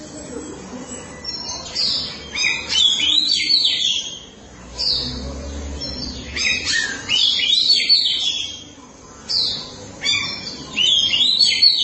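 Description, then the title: Oriental magpie-robin singing a varied run of high, rich whistled and chattering phrases, in bursts separated by short pauses. Chirping song (kicauan) of the bird. "Suara Kicauan Burung Kacer Durasi Panjang"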